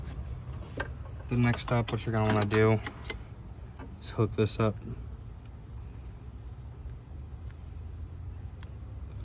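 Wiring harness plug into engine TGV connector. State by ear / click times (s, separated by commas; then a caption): seated / 8.6 s. A flex fuel sensor wiring harness plug for a Subaru WRX is pushed onto the TGV plug connector on the back of the engine while someone talks. A sharp, bright click is heard at 8.6 seconds as the connector clicks in and seats.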